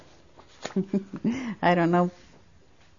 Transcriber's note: she laughs